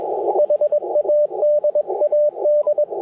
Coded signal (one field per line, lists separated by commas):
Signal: Morse code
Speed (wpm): 21 wpm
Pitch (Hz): 600 Hz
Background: radio noise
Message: HADAD